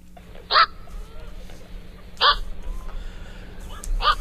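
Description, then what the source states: Black-crowned night heron quawk calls: three single harsh, barking croaks, evenly spaced, over a low steady hum. Quawk call; lives in wetland habitats.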